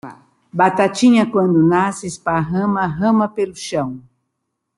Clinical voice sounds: short text; Brazilian Portuguese; female; 70 to 79 years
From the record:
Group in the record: control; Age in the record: 74 years

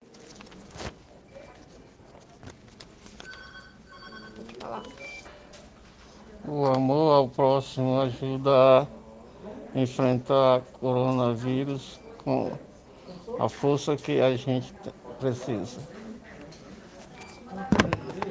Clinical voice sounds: spoken sentence; Brazilian Portuguese; male; 50 to 59 years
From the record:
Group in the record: respiratory insufficiency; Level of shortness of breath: 5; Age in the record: 52 years

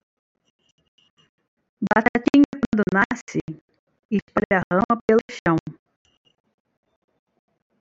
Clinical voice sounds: short text; Brazilian Portuguese; female; 50 to 59 years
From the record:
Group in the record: control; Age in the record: 57 years

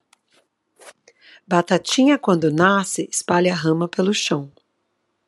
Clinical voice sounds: short text; Brazilian Portuguese; female; 40 to 49 years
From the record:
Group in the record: control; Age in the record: 40 years

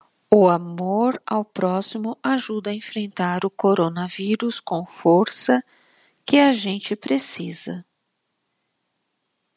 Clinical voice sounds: spoken sentence; Brazilian Portuguese; female; 50 to 59 years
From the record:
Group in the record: control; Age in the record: 51 years

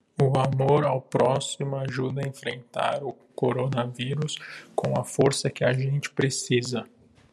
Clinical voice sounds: spoken sentence; Brazilian Portuguese; male; 30 to 39 years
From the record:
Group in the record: control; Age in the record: 30 years

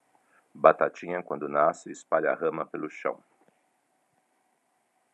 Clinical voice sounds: short text; Brazilian Portuguese; male; 50 to 59 years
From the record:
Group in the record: control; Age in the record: 56 years

